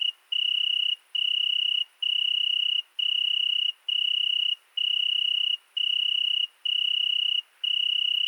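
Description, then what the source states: Italian tree cricket song: sustained, pure-toned trills lasting under a second each, broken by short silences at a steady pace. Night, 22:30, 13 August 2020, Fourcinet ValMaravel; single cricket singing for two nights in Virginia creeper beneath a window; recorded with Nagra Seven and MKH40 cardioid microphone.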